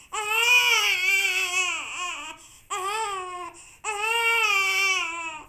Baby Cry.